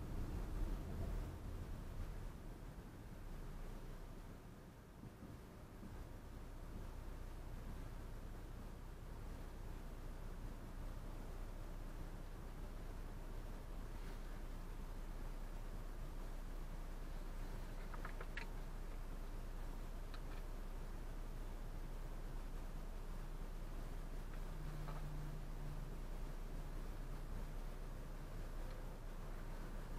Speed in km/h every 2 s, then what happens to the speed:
21, 10, 0, 0, 0, 0, 0, 0, 0, 0, 0, 0, 0, 0, 0.
0-4 brakes to 0. 4-30 standing.